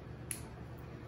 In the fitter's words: you'll hear it snap